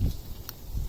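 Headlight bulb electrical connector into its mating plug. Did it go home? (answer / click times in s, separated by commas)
no / none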